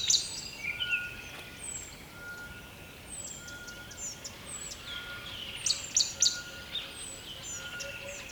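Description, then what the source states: Bird calls, scattered high whistled notes and brief chirps, with a few sharp clicks later on, over a constant background hiss. Recorded by a river at dawn, close to the bird.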